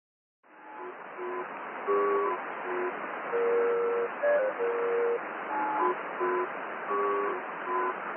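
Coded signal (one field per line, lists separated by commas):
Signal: numbers station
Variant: E03A Cherry Ripe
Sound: a simple folk-tune melody of clear steady notes repeating over shortwave hiss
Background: radio static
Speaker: On the hour, the musical interval signal was played 12 times, followed by a 5-figure header read 10 times by a woman. This would be repeated for 10 minutes.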